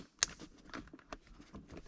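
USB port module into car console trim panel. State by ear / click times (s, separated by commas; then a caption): seated / 0.2 s. A USB port module for a Corvette Z06 Apple CarPlay upgrade is flipped back over, tucked into its opening in the car's interior plastic console trim panel, and pushed in. A sharp click at 0.2 s shows the new USB port seating, followed by a few quieter taps and rustles. The module is confirmed seated.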